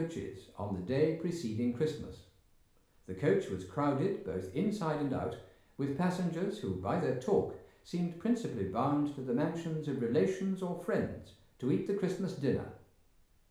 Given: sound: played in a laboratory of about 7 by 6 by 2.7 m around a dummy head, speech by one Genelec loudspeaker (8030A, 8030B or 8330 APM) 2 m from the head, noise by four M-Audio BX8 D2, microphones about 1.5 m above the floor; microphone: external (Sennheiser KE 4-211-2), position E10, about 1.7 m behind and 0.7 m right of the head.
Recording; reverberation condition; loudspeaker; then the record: male speech in English; medium; 120 degrees to the right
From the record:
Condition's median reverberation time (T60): about 510 ms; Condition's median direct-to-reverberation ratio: about -0.5 dB